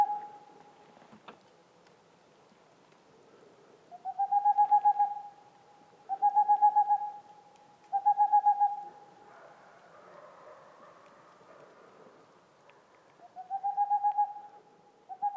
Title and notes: Une chouette pas si boréale. 02 avril 2019-20h15-en montagne. la Tengmalm boréale ( Aegolius funereus) , pas si boréale que cela car nous sommes aux portes de la méditerranée